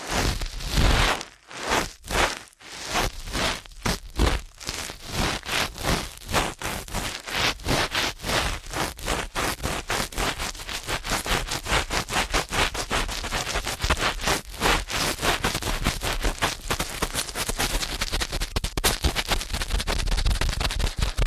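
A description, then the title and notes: Ear cleaning at high speed: rapid scratchy, rustling strokes that start as separate swipes with short gaps and quickly speed up into a dense, nearly continuous scraping texture. The sound is bright and hissy throughout, with a steady loudness after the first few seconds. ASMR Ear Cleaning at Helicopter Speed.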